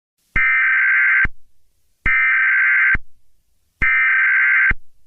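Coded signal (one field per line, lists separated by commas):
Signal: Emergency Alert System (SAME) tones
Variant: header bursts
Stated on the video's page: Fictional EAS scenario based on Madness Combat.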